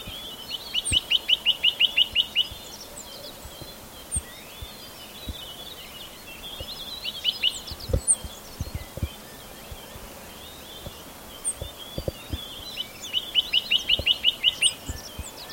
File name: Golosa ptic - Kosmatyj popolzen Sitta villosa